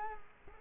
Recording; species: mosquito wingbeat signal from an infrared sensor; Culex quinquefasciatus